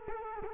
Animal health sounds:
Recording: mosquito wingbeat signal from an infrared sensor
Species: Culex quinquefasciatus

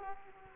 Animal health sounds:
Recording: mosquito wingbeat signal from an infrared sensor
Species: Culex quinquefasciatus

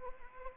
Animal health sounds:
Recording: mosquito wingbeat signal from an infrared sensor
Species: Anopheles arabiensis

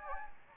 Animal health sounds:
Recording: mosquito wingbeat signal from an infrared sensor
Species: Anopheles gambiae

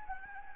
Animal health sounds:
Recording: mosquito wingbeat signal from an infrared sensor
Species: Anopheles gambiae

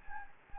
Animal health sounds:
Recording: mosquito wingbeat signal from an infrared sensor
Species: Anopheles gambiae

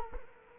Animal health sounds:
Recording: mosquito wingbeat signal from an infrared sensor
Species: Culex quinquefasciatus

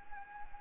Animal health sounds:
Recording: mosquito wingbeat signal from an infrared sensor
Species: Anopheles arabiensis

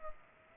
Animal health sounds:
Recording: mosquito wingbeat signal from an infrared sensor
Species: Culex pipiens

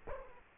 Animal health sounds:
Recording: mosquito wingbeat signal from an infrared sensor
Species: Culex quinquefasciatus

